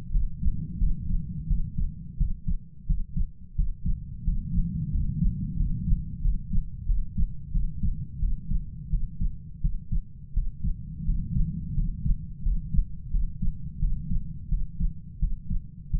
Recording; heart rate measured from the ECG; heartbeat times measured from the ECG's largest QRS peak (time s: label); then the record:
heart sounds by stethoscope; 87 bpm
0.11 s: heartbeat
0.78 s: heartbeat
1.47 s: heartbeat
2.17 s: heartbeat
2.86 s: heartbeat
3.55 s: heartbeat
4.24 s: heartbeat
4.91 s: heartbeat
5.56 s: heartbeat
6.22 s: heartbeat
6.86 s: heartbeat
7.52 s: heartbeat
8.20 s: heartbeat
8.90 s: heartbeat
9.61 s: heartbeat
10.33 s: heartbeat
11.05 s: heartbeat
11.74 s: heartbeat
12.43 s: heartbeat
13.11 s: heartbeat
13.79 s: heartbeat
14.49 s: heartbeat
15.19 s: heartbeat
15.90 s: heartbeat
From the record:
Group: healthy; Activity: rest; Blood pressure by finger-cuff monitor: 121/78 mmHg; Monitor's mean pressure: 91 mmHg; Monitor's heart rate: 87 bpm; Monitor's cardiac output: 7.4 L/min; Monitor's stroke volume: 85 mL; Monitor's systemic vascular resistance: 890 dyn s/cm5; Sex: male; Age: 33 years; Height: 179 cm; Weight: 80.4 kg